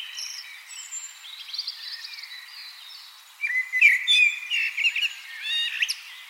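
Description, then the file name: Common blackbird singing, a quiet start and then louder fluty warbled phrases mixed with squeaky high twitters in the second half. "Turdus merula"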